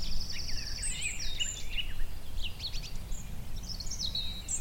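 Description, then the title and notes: Garden warbler song, a breathless stream of warbled fluty notes and brief trills, over a low constant rumble. Male, migrant; spring, scrubby hillside as hawthorns burst into white bloom; fluted, frenetic song. "Sound escape: be enchanted by the little-known song of the garden warbler. a male garden warbler into his fluted song. Recorded by Fergus Collins, presented by Hannah Tribe"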